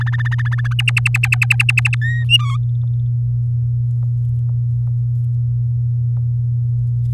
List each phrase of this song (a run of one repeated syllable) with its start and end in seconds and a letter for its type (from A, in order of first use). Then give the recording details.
0.00-0.73 A, 0.79-1.95 B, 2.01-2.24 C, 2.29-2.57 D. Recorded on 7 May 2018 at 06:41. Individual llb16